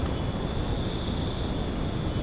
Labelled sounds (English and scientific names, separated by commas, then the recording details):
none
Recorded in secondary vegetation near Puerto Asís, Putumayo, Colombia, on 8 March 2025 at 20:00
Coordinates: 0.481, -76.318
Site G097